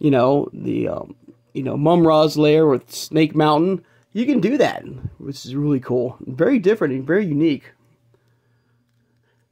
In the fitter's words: now it and head stays on for you know it does it doesn't snap on the place so it does it will eventually if you keep moving around will come off loose